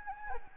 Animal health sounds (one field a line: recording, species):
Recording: mosquito wingbeat signal from an infrared sensor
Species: Anopheles gambiae